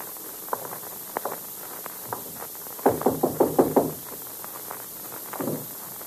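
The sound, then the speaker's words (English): A quick burst of about six firm, hollow knocks on a door on the top floor of a building, preceded and followed by a few lighter scattered taps, all over a faint steady hiss with no voices. “Now listen, we'll knock once.”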